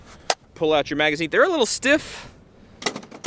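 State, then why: Seated. After a Foxtrot Mike M-102 ran empty with no last-round bolt hold open, its bolt is manually locked back into the receiver with a sharp metallic hit at 0.3 s, and the bolt is locked to the rear. Someone talks, then a quick series of small clicks and knocks follows near the end.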